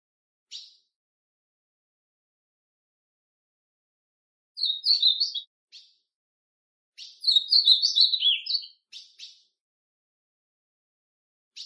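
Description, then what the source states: Ultramarine grosbeak singing two warbled phrases, a short one then a longer one, with brief sharp chip calls before, between and after them in an otherwise quiet background. Classic song style.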